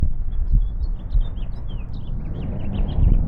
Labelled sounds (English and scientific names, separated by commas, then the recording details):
House Finch (Haemorhous mexicanus) song
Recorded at Neponsit on Long Island, New York, on 4 June 1975
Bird B